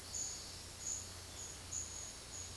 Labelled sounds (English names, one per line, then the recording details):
none
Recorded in dense forest near Puerto Asís, Putumayo, Colombia, on 18 February 2024 at 10:30
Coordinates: 0.485, -76.322
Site G6406